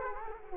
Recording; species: mosquito wingbeat signal from an infrared sensor; Culex quinquefasciatus